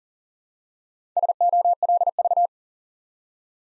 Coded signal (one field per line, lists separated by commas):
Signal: Morse code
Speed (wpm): 41 wpm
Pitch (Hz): 700 Hz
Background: none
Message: SOLV